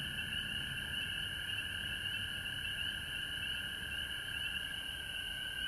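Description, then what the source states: Frog chorus of overlapping high trills that never stops, over low background noise. Recorded at home in Georgia on March 19, 2020.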